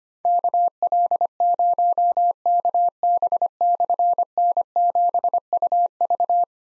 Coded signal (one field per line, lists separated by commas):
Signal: Morse code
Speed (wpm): 25 wpm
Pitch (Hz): 700 Hz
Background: none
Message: KL0KB/N7UV